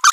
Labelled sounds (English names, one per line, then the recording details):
Green-rumped Parrotlet babbling
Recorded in a nest box in Venezuela
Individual 18B25A3